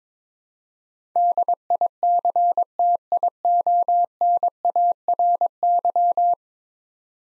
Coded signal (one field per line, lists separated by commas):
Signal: Morse code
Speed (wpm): 22 wpm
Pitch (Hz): 700 Hz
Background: none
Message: DICTIONARY